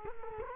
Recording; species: mosquito wingbeat signal from an infrared sensor; Culex quinquefasciatus